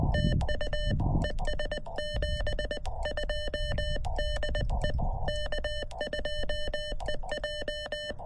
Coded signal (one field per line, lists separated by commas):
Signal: Morse code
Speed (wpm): 20 wpm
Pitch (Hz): 3000 Hz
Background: none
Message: TU ES 72 DE K2EJ